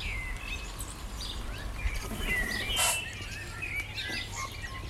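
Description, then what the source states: Birds giving short whistled slurs and chirps, a brief burst of high noise midway, over low steady background noise. Morning birdsong.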